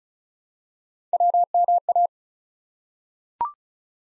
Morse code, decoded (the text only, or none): WMA